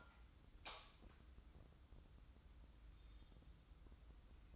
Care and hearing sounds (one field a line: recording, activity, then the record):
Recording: daily activity, microphone in the room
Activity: light on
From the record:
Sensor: 3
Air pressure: 994.4 hPa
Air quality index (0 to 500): 210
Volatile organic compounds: 1000 ppm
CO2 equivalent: 7024 ppm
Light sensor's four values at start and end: 189/455/191/189 and 191/463/194/192